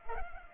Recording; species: mosquito wingbeat signal from an infrared sensor; Culex pipiens